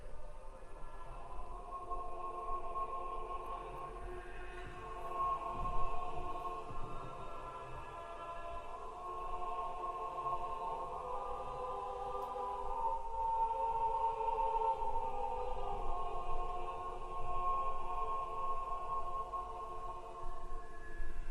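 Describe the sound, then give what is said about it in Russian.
A sustained chord built on a low bass root with a third and fifth above, held steadily at moderate volume, then shifting to a different chord color partway through, with no voices. “Смотрите, вот бас основной тон, потом терция, квинты. Аккорд меняется, уже другая краска.”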